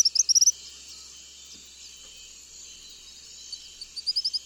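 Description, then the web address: Tropical kingbird with rapid high twittering notes at the start and again near the end, under a dense buzzing insect chorus. Recorded in the eastern lowlands of South America. "Natures Songs S America Eastern Lowlands. Tropical Kingbird"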